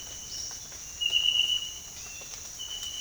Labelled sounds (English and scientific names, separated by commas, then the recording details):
none
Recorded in dense forest near Puerto Asís, Putumayo, Colombia, on 8 March 2025 at 07:00
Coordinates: 0.484, -76.325
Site G045